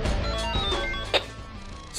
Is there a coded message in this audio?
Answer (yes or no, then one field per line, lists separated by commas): no